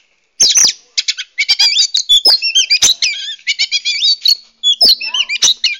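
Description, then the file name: Oriental magpie-robin song: a rich stream of varied high whistles, trills and harsh notes, broken by a few short pauses. Lure recording, used to attract birds. "suara kacer pikat"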